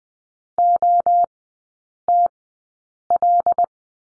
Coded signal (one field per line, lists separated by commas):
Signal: Morse code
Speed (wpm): 20 wpm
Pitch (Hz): 700 Hz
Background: none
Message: OTL